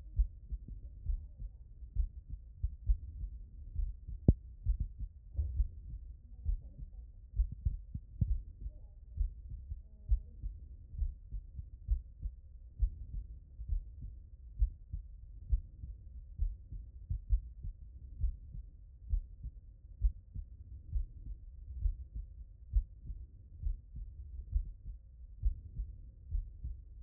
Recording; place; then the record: heart sounds by stethoscope; tricuspid valve (TV)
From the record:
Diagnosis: non-HFrEF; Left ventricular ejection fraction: 66%